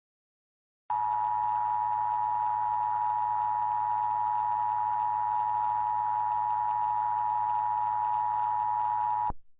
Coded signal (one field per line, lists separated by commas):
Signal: Emergency Alert System (SAME) tones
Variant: 853 and 960 Hz attention tone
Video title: EAS Scenario: Life as we Knew it